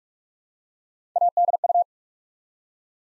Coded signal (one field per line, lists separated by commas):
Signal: Morse code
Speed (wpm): 44 wpm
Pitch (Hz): 700 Hz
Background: none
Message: ADU